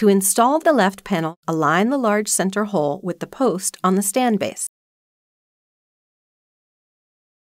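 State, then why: Not seated. The left side panel of a Xerox VersaLink C415 color multifunction printer stand is lined up with its large center hole over the post on the stand base, before it is slid back and pushed in. Someone talks for about the first 4.7 seconds, then silence follows. The panel has not clicked into place yet.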